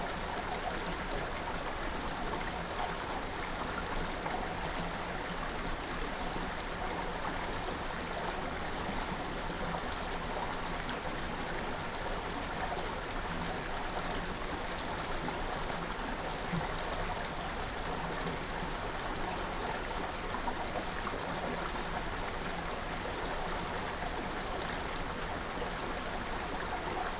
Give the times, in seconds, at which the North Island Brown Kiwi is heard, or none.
none